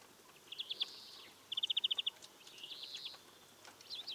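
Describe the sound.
European greenfinch song, quieter: a faint wheezy note, a crisp rapid trill of about eight notes, then more soft buzzing and twittering.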